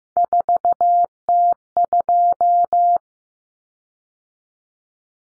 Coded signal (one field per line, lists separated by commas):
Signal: Morse code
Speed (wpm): 15 wpm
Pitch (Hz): 700 Hz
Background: none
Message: 4T2